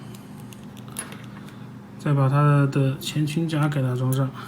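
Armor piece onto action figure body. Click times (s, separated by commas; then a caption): 1.0 s. A plastic or die-cast armor piece is clipped onto the front of a Saint Cloth Myth EX Aries Mu action figure body, which has soft legs. A few faint handling ticks lead to a sharper click at 1.0 s as the piece seats, and then someone talks.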